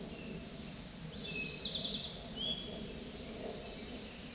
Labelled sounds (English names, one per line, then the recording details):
Eastern Towhee song
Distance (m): 30 m
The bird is about level with the microphone
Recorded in a Pennsylvania forest on 16 May 2024 at 09:47
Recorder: AudioMoth, point MSD-0788
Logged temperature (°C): 16.6 °C
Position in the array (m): 106 m, 8 m